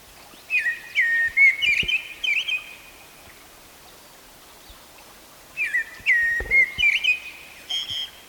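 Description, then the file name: Eurasian blackbird song: two rich, warbling phrases of mellow whistles, each ending in squeaky high notes, separated by a brief silence. "Turdus merula"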